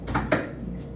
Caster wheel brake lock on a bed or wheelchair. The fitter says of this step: So, kailangan mo siyang i-lock.